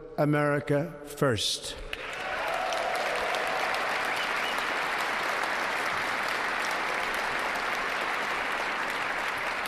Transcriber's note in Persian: applause